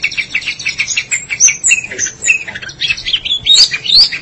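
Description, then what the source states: Long-tailed Shrike singing a varied warbling medley of high whistles, chirps and slurred notes, continuous and fast-changing throughout. Recorded March 2017.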